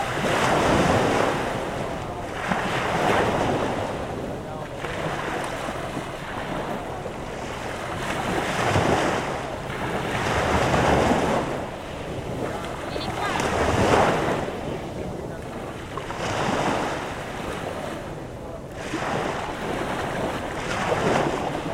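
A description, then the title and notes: Gentle waves wash onto the beach in a steady rhythm, each swell rising and falling about every two to three seconds. The surf hiss fills the whole clip with a soft, full rush, and wind buffets the microphone at times. It's 5pm on an August afternoon, and beachgoers and swimmers enjoy the mellow sunshine on Mezzavalle Beach in Portonovo, Italy. Recorded by Cities and Memory. Late summer afternoon on the beach.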